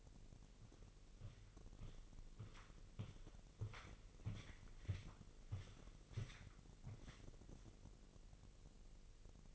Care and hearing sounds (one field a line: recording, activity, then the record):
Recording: daily activity, microphone in the room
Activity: walk to room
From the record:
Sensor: 4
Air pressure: 1002.9 hPa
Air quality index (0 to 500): 248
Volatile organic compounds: 10 ppm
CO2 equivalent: 2204 ppm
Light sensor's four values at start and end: 13/30/12/12 and 12/29/11/11